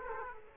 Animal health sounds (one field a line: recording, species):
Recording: mosquito wingbeat signal from an infrared sensor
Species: Aedes aegypti